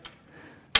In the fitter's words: snaps into place it dust have to be tight cuz it's already sealed with the O-ring that's under here